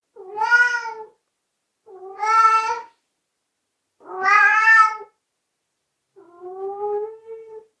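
Cat meowing four times, drawn-out rich meows about a second long each, the last one softer and slightly rising, with quiet pauses between.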